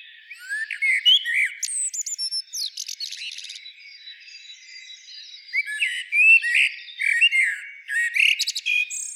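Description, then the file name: Common blackbird song, two phrases of rich, low fluting whistles, each ending in a thin, high squeaky twitter. "Turdus merula"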